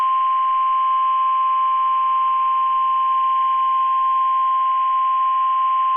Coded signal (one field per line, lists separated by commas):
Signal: Emergency Alert System (SAME) tones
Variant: 1050 Hz attention tone